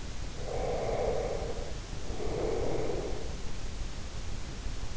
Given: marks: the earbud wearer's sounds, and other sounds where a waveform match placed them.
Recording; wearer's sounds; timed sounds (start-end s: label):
sounds in sleep by an in-ear microphone; breath
0.43-3.72 s: breath